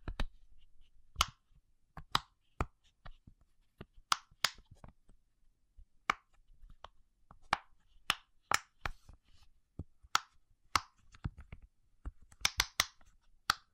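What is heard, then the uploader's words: ASMR triggers here are sharp snapping clicks, like finger snaps, sounding one at a time with uneven gaps of under a second. The snaps are bright and crisp, and around the twelfth second a quick cluster lands close together. Between them there is near silence. ASMR 100+ Hypnotizing Triggers.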